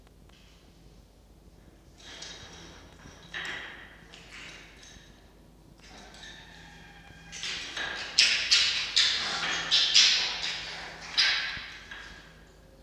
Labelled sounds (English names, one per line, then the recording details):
Red Fox
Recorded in captivity
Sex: group
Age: diverse
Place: Zoologisches Institut der HUB, Berlin, DE
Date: 1953-05-14 13:28
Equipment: Elmetra
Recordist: Tembrock, Günter